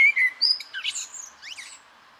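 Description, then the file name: Eurasian blackbird song: brief fluted whistles slurring into thin, squeaky twittering that fades away. "Turdus merula"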